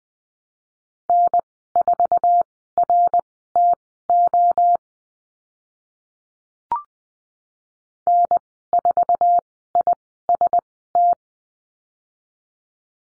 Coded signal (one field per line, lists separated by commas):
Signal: Morse code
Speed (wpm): 20 wpm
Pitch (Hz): 700 Hz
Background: none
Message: N4RTO N4IST